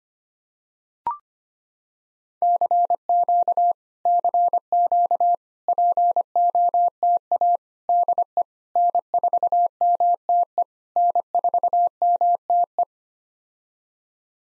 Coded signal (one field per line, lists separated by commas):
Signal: Morse code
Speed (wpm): 25 wpm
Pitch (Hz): 700 Hz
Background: none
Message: CQ CQ POTA DE N4MTE N4MTE